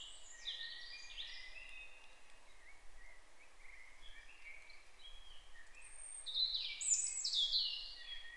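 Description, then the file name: European robin song: a soft, high warbled phrase at the start, a quieter pause, then a brighter burst of thin twittering notes near the end, over steady hiss. "Erithacus rubecula"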